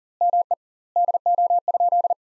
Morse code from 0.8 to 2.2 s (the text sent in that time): DO?